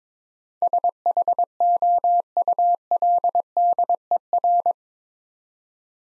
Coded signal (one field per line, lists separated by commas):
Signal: Morse code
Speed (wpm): 22 wpm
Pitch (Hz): 700 Hz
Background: none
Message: SHOULDER